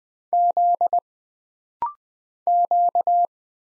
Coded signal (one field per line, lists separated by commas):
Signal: Morse code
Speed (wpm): 20 wpm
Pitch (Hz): 700 Hz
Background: none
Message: Z Q